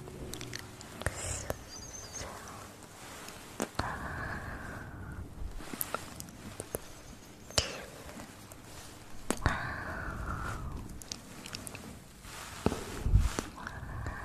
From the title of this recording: Mouth sounds